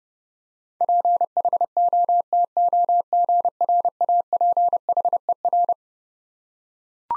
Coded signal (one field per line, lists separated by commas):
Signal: Morse code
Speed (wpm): 30 wpm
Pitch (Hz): 700 Hz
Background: none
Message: PHOTOGRAPHER